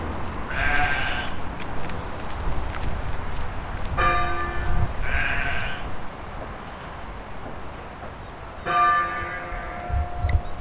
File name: sheep baaing and one hit church bell